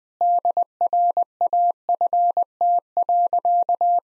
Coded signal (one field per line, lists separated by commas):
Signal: Morse code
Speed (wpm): 20 wpm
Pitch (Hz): 700 Hz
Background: none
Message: DRAFT.